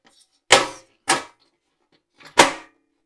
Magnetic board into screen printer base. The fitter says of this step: now it's nice and locked into place